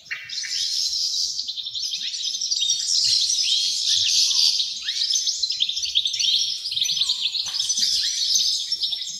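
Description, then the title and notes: Many wrens in a continuous chorus of very high, rapid reeling trills and sharp chips overlapping throughout. Dozens of wrens in the backyard of a home in Dover, southern Tasmania. "Nature Sounds Tasmania - Dover Wrens. The sounds of dozens of wrens in the backyard of a home in Dover, southern Tasmania"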